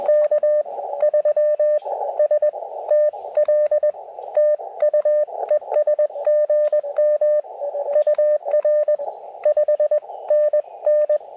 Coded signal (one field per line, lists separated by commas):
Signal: Morse code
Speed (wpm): 18 wpm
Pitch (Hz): 590 Hz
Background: radio noise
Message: K3STL TU ES GM UR 5NN